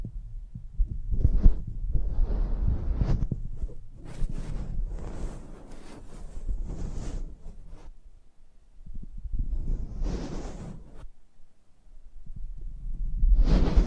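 Microphone handling in ASMR style: soft rubbing, brushing and scratching sounds come in bursts, with low thumps underneath that beat like a pulse. Brighter hissy strokes flare around two, five to seven, ten and the final seconds, separated by quieter pauses.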